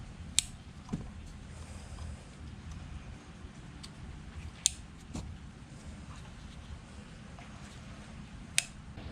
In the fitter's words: and you want to do it until you hear that loud snap